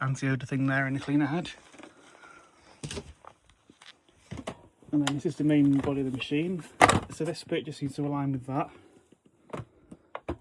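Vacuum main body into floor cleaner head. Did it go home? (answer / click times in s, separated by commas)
yes / 10.2 s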